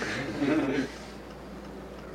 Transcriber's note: laughter